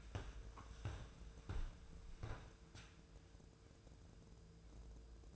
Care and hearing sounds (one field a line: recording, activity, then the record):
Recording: daily activity, microphone in the room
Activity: walk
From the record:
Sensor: 2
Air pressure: 1005.4 hPa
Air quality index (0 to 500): 100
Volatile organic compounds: 2 ppm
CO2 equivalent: 1217 ppm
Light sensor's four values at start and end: 8/20/8/8 and 8/20/8/8